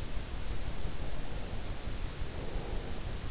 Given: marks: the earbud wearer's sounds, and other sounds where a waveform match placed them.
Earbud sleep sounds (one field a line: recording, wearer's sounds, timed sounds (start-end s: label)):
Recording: sounds in sleep by an in-ear microphone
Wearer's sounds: breath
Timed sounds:
1.86-3.11 s: breath